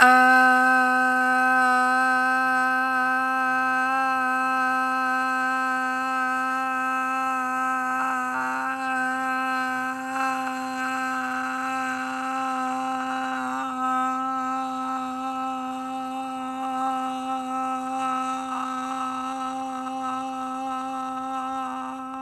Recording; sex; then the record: sustained vowel /a/; female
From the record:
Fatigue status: fatigue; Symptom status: symptomatic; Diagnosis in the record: COVID-19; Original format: m4a